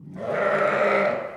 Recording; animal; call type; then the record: contact call of a hoofed animal; sheep; low-frequency (closed-mouth) or high-frequency (open-mouth) call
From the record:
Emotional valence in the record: negative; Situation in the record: short social isolation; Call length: 1.37 s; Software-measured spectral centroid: 1480 Hz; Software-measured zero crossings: 1640 a second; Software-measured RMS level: -23 dBFS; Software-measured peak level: -10 dBFS